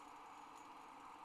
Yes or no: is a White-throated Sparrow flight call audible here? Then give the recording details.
no. No flight call is heard. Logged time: 04:21 on 30 November 2014